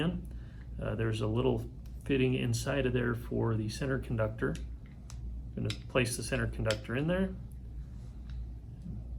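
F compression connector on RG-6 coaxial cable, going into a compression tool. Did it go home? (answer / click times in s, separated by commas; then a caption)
no / none. An F compression connector on RG-6 coaxial cable, its center conductor set in its fitting, is placed into a compression tool while someone talks, with a few faint handling taps. The connector is only handled here, and nothing has been compressed or clicked yet.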